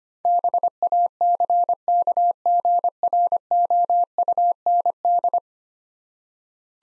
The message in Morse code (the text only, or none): BACKGROUND